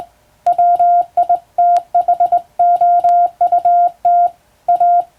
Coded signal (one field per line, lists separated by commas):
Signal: Morse code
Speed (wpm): 20 wpm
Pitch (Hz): 700 Hz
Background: none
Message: WITHOUT A